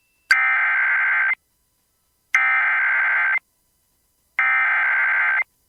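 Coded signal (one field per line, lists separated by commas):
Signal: Emergency Alert System (SAME) tones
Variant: header bursts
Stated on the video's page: Compilation of personally captured EAS alerts from Houston.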